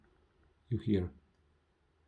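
A SIM card is handled with a finger at the spring-loaded push-push slot of a small GSM box, but nothing has seated or clicked yet. Someone talks briefly around 0.7–1.2 s over a quiet background.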